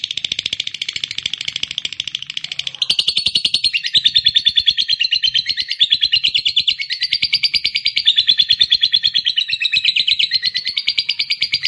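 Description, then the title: Lovebird song, a long rapid chattering stream of high buzzy notes, about three per second, with a louder, higher burst near the third second, continuing unbroken. Recording used to prompt a lazy lovebird into eager, spontaneous singing. "LOVEBIRD Malas Bunyi JADI GREGET SPONTAN Langsung NARIK"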